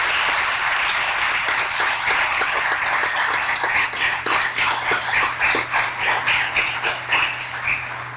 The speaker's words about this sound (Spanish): Les agradecemos y creo que hay que darles un aplauso por el esfuerzo a los compañeros de la ciudad.